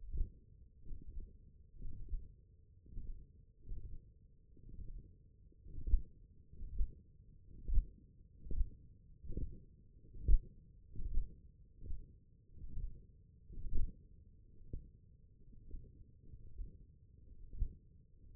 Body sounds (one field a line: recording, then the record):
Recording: forearm muscle sounds (acoustic myography)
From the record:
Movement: tripod grip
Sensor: system 1, eight BSWA MPA416 microphones around the upper forearm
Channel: 5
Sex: male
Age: 21 years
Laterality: right